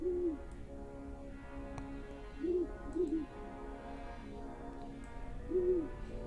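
A barn owl calls at night with short, low hoots, four of them at irregular intervals, some coming in a quick pair, over a steady low droning background with no voices.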